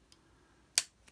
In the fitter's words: you can hear that they kind of click back and then they sit back a little bit further but they're not even